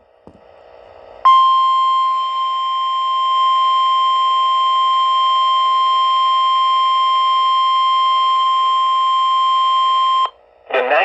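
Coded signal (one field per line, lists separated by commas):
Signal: Emergency Alert System (SAME) tones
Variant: 1050 Hz attention tone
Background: speech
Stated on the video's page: Alerts received on a Radio Shack weather radio, including a tornado warning; one recording has corrupted audio.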